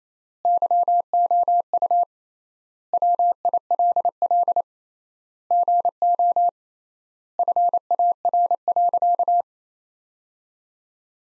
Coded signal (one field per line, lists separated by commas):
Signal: Morse code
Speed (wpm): 28 wpm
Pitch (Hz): 700 Hz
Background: none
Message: YOU WILL GO FAR.